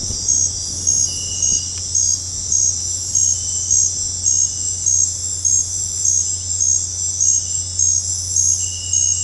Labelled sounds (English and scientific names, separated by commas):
none